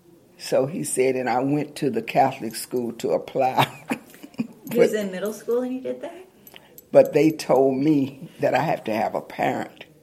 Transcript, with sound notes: So, he said, “And I went to a Catholic school to apply.” (laughter)
He was in middle school when he did that?
Um-hmm… “But they told me that I had to have a parent